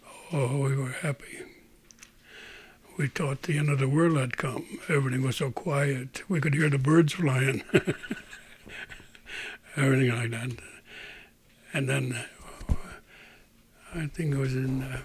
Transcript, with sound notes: Oh, we were happy. We thought the end of the world had come. Everything was so quiet we could hear the birds flying. ( he laughs ) Everything like that. And then I think it was in,